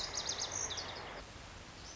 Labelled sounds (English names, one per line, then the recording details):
Lazuli Bunting
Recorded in Sonoma County, California